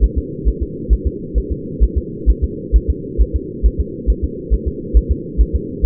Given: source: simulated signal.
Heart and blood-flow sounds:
fetal heart sounds
0.04 s: S1
0.18 s: S2
0.48 s: S1
0.63 s: S2
0.93 s: S1
1.07 s: S2
1.38 s: S1
1.52 s: S2
1.83 s: S1
1.98 s: S2
2.30 s: S1
2.44 s: S2
2.76 s: S1
2.90 s: S2
3.21 s: S1
3.36 s: S2
3.66 s: S1
3.81 s: S2
4.10 s: S1
4.24 s: S2
4.54 s: S1
4.68 s: S2
4.97 s: S1
5.12 s: S2
5.41 s: S1
5.55 s: S2
5.86 s: S1
From the record:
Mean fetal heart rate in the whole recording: 135 bpm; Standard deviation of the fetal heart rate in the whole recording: 3 bpm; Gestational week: 34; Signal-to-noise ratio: -4.1 dB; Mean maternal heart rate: no maternal heart sound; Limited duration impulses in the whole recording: absent

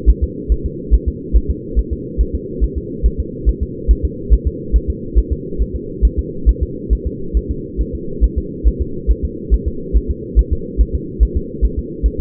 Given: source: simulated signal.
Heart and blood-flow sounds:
fetal heart sounds
0.09 s: S1
0.24 s: S2
0.52 s: S1
0.66 s: S2
0.94 s: S1
1.08 s: S2
1.37 s: S1
1.51 s: S2
1.79 s: S1
1.93 s: S2
2.21 s: S1
2.35 s: S2
2.64 s: S1
2.78 s: S2
3.06 s: S1
3.20 s: S2
3.49 s: S1
3.63 s: S2
3.91 s: S1
4.05 s: S2
4.33 s: S1
4.47 s: S2
4.76 s: S1
4.90 s: S2
5.19 s: S1
5.33 s: S2
5.62 s: S1
5.76 s: S2
6.05 s: S1
6.19 s: S2
6.49 s: S1
6.63 s: S2
6.93 s: S1
7.07 s: S2
7.37 s: S1
7.51 s: S2
7.81 s: S1
7.95 s: S2
8.24 s: S1
8.38 s: S2
8.68 s: S1
8.82 s: S2
9.11 s: S1
9.25 s: S2
9.54 s: S1
9.68 s: S2
9.97 s: S1
10.11 s: S2
10.39 s: S1
10.53 s: S2
10.81 s: S1
10.95 s: S2
11.23 s: S1
11.37 s: S2
11.65 s: S1
11.79 s: S2
12.06 s: S1
12.20 s: S2
From the record:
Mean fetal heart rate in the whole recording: 140 bpm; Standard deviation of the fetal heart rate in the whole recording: 2 bpm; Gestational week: 34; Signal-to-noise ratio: -4.3 dB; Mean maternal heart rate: 72 bpm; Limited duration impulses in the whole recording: absent

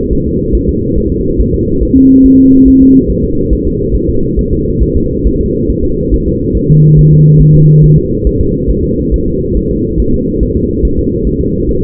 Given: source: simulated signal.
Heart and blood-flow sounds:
fetal heart sounds
0.13 s: S1
0.27 s: S2
0.55 s: S1
0.69 s: S2
0.98 s: S1
1.12 s: S2
1.41 s: S1
1.54 s: S2
1.83 s: S1
1.97 s: S2
2.26 s: S1
2.40 s: S2
2.68 s: S1
2.82 s: S2
3.10 s: S1
3.24 s: S2
3.53 s: S1
3.67 s: S2
3.95 s: S1
4.09 s: S2
4.39 s: S1
4.53 s: S2
4.83 s: S1
4.97 s: S2
5.27 s: S1
5.41 s: S2
5.70 s: S1
5.84 s: S2
6.14 s: S1
6.28 s: S2
6.57 s: S1
6.71 s: S2
6.99 s: S1
7.13 s: S2
7.42 s: S1
7.56 s: S2
7.84 s: S1
7.98 s: S2
8.27 s: S1
8.41 s: S2
8.70 s: S1
8.84 s: S2
9.14 s: S1
9.28 s: S2
9.57 s: S1
9.71 s: S2
10.00 s: S1
10.14 s: S2
10.43 s: S1
10.57 s: S2
10.85 s: S1
10.99 s: S2
11.27 s: S1
11.41 s: S2
11.69 s: S1
11.83 s: S2
From the record:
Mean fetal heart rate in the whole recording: 140 bpm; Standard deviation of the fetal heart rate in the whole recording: 2 bpm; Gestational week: 34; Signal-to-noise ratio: -15.3 dB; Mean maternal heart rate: 72 bpm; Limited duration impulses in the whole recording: present

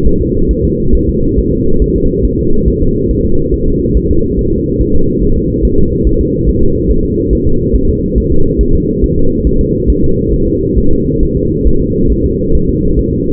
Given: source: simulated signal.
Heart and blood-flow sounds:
fetal heart sounds
0.07 s: S1
0.21 s: S2
0.51 s: S1
0.65 s: S2
0.95 s: S1
1.09 s: S2
1.38 s: S1
1.53 s: S2
1.82 s: S1
1.96 s: S2
2.25 s: S1
2.39 s: S2
2.68 s: S1
2.82 s: S2
3.11 s: S1
3.25 s: S2
3.54 s: S1
3.68 s: S2
3.97 s: S1
4.11 s: S2
4.39 s: S1
4.53 s: S2
4.81 s: S1
4.96 s: S2
5.24 s: S1
5.38 s: S2
5.65 s: S1
5.79 s: S2
6.07 s: S1
6.21 s: S2
6.49 s: S1
6.63 s: S2
6.91 s: S1
7.05 s: S2
7.33 s: S1
7.47 s: S2
7.75 s: S1
7.90 s: S2
8.18 s: S1
8.32 s: S2
8.61 s: S1
8.75 s: S2
9.04 s: S1
9.18 s: S2
9.47 s: S1
9.61 s: S2
9.90 s: S1
10.04 s: S2
10.34 s: S1
10.48 s: S2
10.78 s: S1
10.93 s: S2
11.23 s: S1
11.37 s: S2
11.67 s: S1
11.81 s: S2
12.12 s: S1
12.26 s: S2
12.55 s: S1
12.69 s: S2
12.99 s: S1
13.13 s: S2
From the record:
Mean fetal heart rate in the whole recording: 140 bpm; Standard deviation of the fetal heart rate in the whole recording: 2 bpm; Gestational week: 34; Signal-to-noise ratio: -17.7 dB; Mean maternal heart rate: 72 bpm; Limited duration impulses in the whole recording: present

